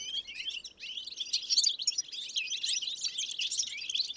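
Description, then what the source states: European Goldfinch group calls: a dense, continuous chorus of liquid twittering and tinkling notes from a group of birds, steady throughout with no other clear sounds. Small roost of goldfinches; Plateau de Lesches-en-Diois, Drôme, France, 1000 m altitude; 30 January 2021; windless sunny morning, sky clearing after days of rain; Nagra Seven with Telinga P7 parabolic reflector.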